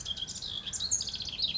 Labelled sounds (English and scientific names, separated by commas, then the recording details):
House Wren (Troglodytes aedon)
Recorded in Sonoma County, California